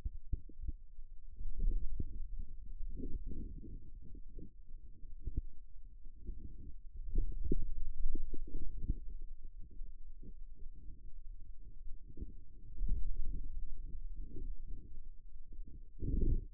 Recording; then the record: forearm muscle sounds (acoustic myography)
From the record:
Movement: finger pinch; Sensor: system 2, bracelet of six BSWA MPA416 microphones around the upper forearm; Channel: 5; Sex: male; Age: 22 years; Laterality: right